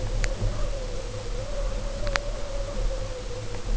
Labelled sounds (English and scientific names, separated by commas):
none